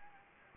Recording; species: mosquito wingbeat signal from an infrared sensor; Anopheles gambiae